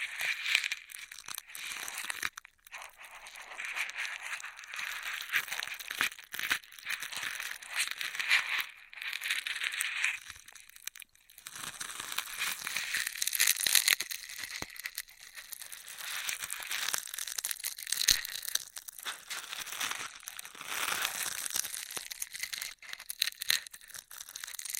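Straw rustles and crinkles almost without pause, a dense, crisp crackling concentrated in the upper range with little low end. The texture shifts in bursts and swells, with brief near-silent gaps around 2, 11 and 23 seconds, and a few sharper snaps scattered throughout.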